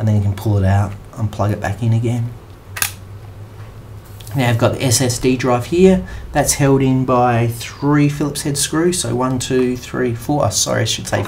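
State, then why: Seated. Someone talks while the second SO-DIMM memory module is plugged back into its socket in a Dell XPS 15Z laptop and pressed down until the silver retaining tabs snap over it. A sharp double click is heard at 2.8 s as the module seats.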